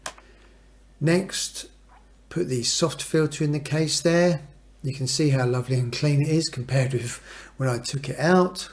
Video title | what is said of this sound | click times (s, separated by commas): Dyson DC33 Cleaning and Maintenance for Maximum Suction | de le verrouiller alors il suffit de pousser que vers le bas et juste clips dans la prochaine | 0.1 s